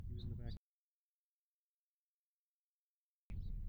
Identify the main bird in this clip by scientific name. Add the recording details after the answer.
Haemorhous mexicanus. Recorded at Hewlett Harbor on Long Island, New York, on 10 June 1975. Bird D